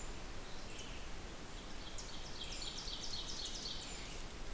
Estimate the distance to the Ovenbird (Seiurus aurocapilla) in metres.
about 75 m